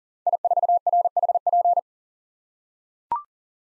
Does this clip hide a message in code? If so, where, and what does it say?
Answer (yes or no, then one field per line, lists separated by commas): yes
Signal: Morse code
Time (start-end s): 0.3-1.8 s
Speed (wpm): 40 wpm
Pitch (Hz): 700 Hz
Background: none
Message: I4RHP